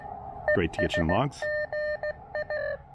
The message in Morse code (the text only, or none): ES GA